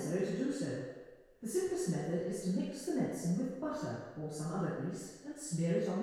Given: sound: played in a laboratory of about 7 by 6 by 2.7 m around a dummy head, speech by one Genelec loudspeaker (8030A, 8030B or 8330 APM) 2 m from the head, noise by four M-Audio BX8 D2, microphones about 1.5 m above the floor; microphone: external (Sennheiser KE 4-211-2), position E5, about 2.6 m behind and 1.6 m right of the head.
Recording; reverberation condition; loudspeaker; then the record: female speech in English; high; behind (180 degrees)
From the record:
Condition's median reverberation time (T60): about 1300 ms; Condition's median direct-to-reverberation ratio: about -4.0 dB